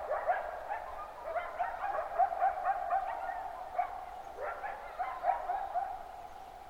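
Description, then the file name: Coyote chorus of rapid yips and short barks with wavering howl notes, several animals calling together in overlapping bursts throughout. Chorus at 05:26 on 23 July 2005, early morning. "050723-0526 coyotechorus"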